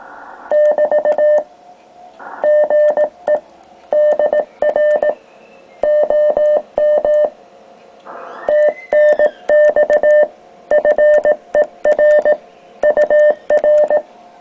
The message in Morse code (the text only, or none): <BT> GE DR OM TNX FER UR